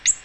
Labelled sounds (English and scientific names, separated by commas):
Ovenbird (Seiurus aurocapilla) flight call